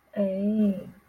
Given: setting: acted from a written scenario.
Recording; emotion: vocal sound without words; sympathy